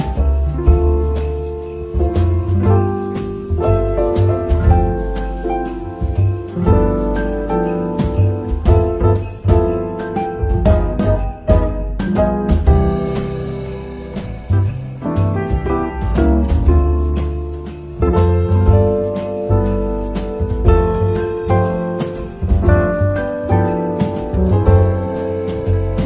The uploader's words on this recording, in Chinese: 在西西弗咖啡厅听着优雅的爵士乐看会书。